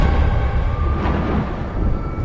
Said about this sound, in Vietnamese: Một tiếng sét vang rền khiến cả khung trời chao đảo.